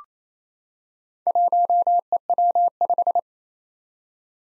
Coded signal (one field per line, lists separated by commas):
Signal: Morse code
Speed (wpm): 27 wpm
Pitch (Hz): 700 Hz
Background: none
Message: 1EW5